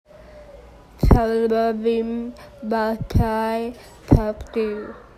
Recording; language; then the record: elicited speech; Bengali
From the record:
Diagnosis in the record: Broca's or global aphasia after a stroke